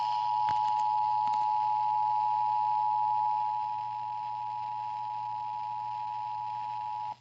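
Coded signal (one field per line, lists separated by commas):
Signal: Emergency Alert System (SAME) tones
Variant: 853 and 960 Hz attention tone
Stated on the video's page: Live captured EAS tones from severe weather alerts, which may contain valid tones.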